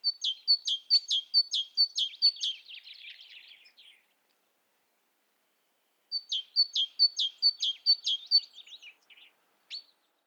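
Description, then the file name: Great tit calls: quick series of bright, clipped high notes that fade into scratchy chatter, a pause of two seconds, then another similar ringing series. "Parus major"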